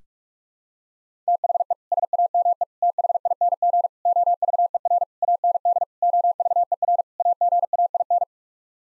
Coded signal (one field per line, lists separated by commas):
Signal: Morse code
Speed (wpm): 48 wpm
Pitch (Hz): 700 Hz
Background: none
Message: THE SAME THING OVER AND OVER AGAIN